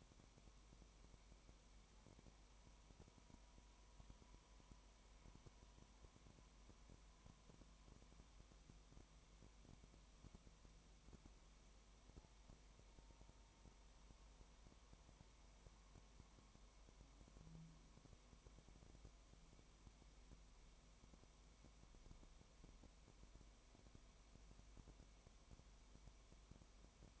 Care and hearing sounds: daily activity, microphone in the room; no activity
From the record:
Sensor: 1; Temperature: 19.0 degrees Celsius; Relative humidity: 34.1%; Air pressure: 1001.3 hPa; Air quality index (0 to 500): 82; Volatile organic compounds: 1 ppm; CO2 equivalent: 817 ppm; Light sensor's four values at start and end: 1/2/1/1 and 1/2/1/1

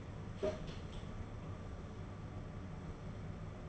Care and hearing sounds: daily activity, microphone in the room; open door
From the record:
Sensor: 4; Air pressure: 1016.1 hPa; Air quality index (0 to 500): 208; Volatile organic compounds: 12 ppm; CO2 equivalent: 2375 ppm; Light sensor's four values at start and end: 9/20/8/7 and 9/20/8/7

